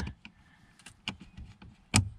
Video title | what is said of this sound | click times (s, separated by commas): 2nd Generation (2008-2014) Cadillac CTS Blend Door Actuator Replacement Guide (Repair & Fix!) | and you can hear that satisfying click it made so now that's all back together | 1.1 s, 2.0 s